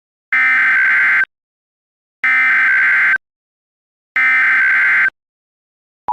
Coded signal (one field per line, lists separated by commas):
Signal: Emergency Alert System (SAME) tones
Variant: header bursts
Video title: EAS simulacion - muchos condados